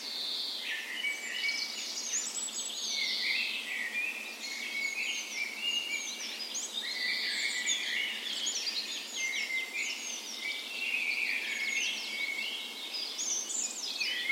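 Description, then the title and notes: Birds in a dawn chorus: many high, quick warbling and chirping phrases overlap continuously, with sharp thin notes rising above the blend. Dawn chorus on the morning of 17 May, Norway's National Day, in a park west in Bergen, Norway, in spring; Sony PCM A10 recorder with LOM micro Usi mics as tree ears. "17th Of May Dawn Chorus. Recorded on the morning of Norways National Day the 17th of May in a park west in Bergen. Spring is in full effect, and the dawn chorus sounds wonderful!"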